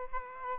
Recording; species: mosquito wingbeat signal from an infrared sensor; Aedes aegypti